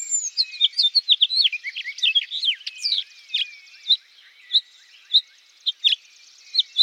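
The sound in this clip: House finch gives a hurried, twittering warble for about three seconds, then several sharp single chirps, against a soft steady background hiss.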